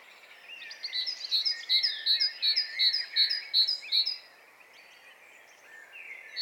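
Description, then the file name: Great tit song: around eight two-note phrases in a row, with softer twittering before and after. "Parus major"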